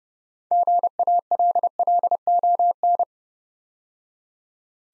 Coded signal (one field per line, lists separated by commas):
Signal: Morse code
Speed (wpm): 30 wpm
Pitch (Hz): 700 Hz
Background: none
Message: GALLON